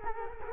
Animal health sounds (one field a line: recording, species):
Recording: mosquito wingbeat signal from an infrared sensor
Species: Culex quinquefasciatus